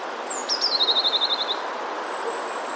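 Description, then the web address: Eurasian blue tit song: a thin high note dropping into a fast, even trill of about ten notes, then a faint high whistle. "wroblowe teka spiew 14. modraszkoteka"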